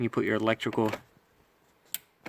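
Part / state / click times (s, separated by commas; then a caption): wiring connector onto seat position sensor / seated / 1.9 s. Someone talks, then an electrical connector is pushed back onto the driver seat position sensor under a Mazda seat, which has no bolt. It snaps into place with a sharp click at 1.9 s, followed by two fainter ticks, and the connector is seated.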